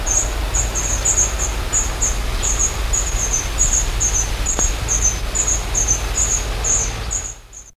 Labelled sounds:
European Serin call
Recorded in the wild
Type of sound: call
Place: Rinteln, OT Todenmann, Niedersachsen, DE
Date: 1972-08-12
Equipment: Halbspur, 9,5 cm/s
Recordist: Lütgens, Hans
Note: Flügge Girlitze

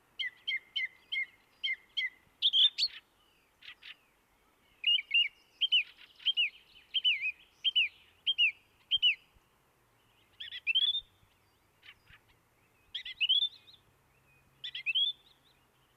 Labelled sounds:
Song Thrush song
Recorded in the wild
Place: Oberstdorf, Bayern, DE
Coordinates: 47.3797, 10.2944
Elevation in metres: 904
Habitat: mountains
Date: 1977-03-20
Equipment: Nagra IV, Sennheiser MKH 405, Parabolreflektor
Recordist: Tretzel, Erwin

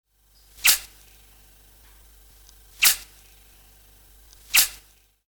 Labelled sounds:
Wreathed Hornbill
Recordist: Tembrock, Günter
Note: Drohlaut (Zischen) eines Männchens

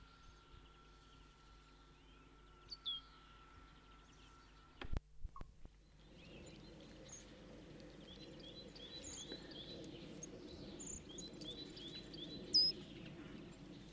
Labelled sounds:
Great Tit call
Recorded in the wild
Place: Kaiserslautern, Rheinland-Pfalz, DE
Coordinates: 49.4358, 7.8376
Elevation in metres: 282
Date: 1977-03-01
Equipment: Nagra IV, Sennheiser MKH 405, Parabolreflektor
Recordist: Tretzel, Erwin

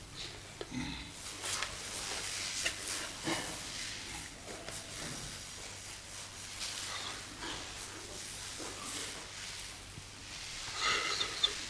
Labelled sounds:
Western Gorilla call
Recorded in captivity
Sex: female
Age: adult
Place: Zoo Rostock, Mecklenburg-Vorpommern, DE
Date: 1984-02-03 10:39
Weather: overcast, 3-6°C
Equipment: Nagra SN, Kopie Uher 4000 Report Monitor
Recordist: Tembrock, Günter
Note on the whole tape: Zwei Weibchen: Laute auf vertraute Person bezogen, z.T. rhythmisch

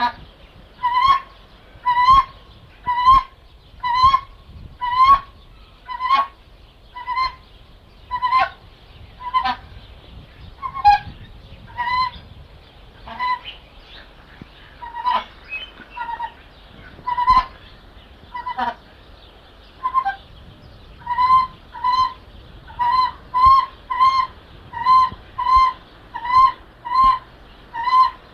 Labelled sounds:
White-winged Duck call
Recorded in captivity
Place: Zoo Jersey, JE
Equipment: Halbspur, 9,5 cm/s
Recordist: Lütgens, Hans
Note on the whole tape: Rufe

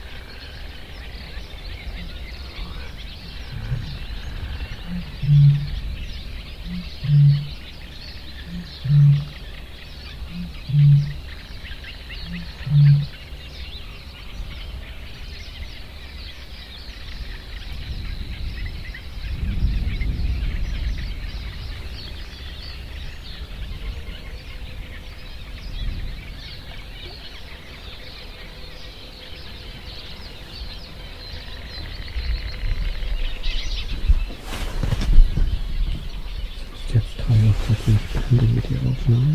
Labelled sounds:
Great Bittern
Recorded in the wild
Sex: male
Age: adult
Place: Parsteinwerder, Parsteiner See, Brandenburg, DE
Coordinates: 52.9575, 13.9719
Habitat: lake
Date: 2006-05-24
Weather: ca.10°C, no wind
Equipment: Edirol R-4, Sennheiser MKH 70, Windkorb
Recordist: Frommolt, Karl-Heinz

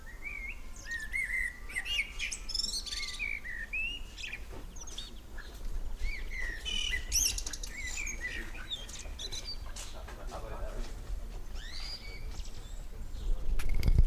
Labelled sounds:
Common Blackbird song
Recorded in the wild
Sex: male
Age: adult
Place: Lübars, Benekendorffstraße, Berlin, DE
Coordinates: 52.6167, 13.3469
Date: 1998-06-01 15:58
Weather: rain, 18°C
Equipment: Sony MD-WM MZ-R3, Sennheiser MKH 416 T, Kopie Uher 4000 Report Monitor
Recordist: Tembrock, Günter

